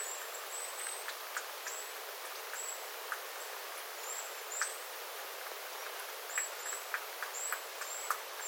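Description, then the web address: Small birds uttering brief, high-pitched contact notes at irregular intervals, mixed with sharp ticks of dripping water. Small flock of birds calling while water drips from the eaves after rain, 9 September 2025. "paivat 9 9 2025 pikkulintuparven aantelya vesi tippuu raystaalta sateen jalkeen"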